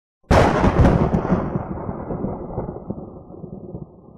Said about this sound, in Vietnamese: Nó phát ra một tiếng sấm đáng sợ.